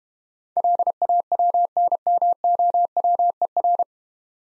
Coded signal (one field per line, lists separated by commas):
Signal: Morse code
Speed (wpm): 30 wpm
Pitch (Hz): 700 Hz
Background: none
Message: LAWNMOWER